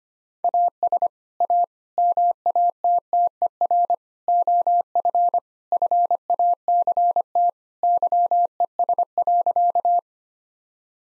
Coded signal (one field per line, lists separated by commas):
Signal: Morse code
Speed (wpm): 25 wpm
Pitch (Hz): 700 Hz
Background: none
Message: AS A MATTER OF FACT YES.